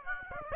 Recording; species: mosquito wingbeat signal from an infrared sensor; Aedes aegypti